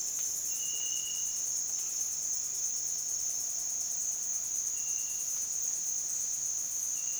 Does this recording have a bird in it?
no